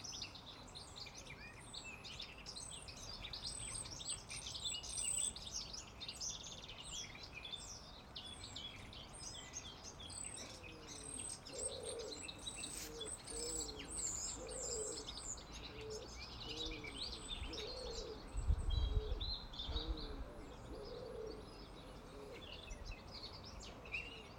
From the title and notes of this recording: Birds In Leatherhead by escdotdot.